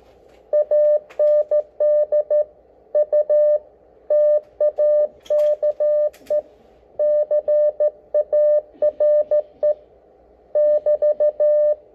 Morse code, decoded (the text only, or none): AND U TAKE CARE <BT>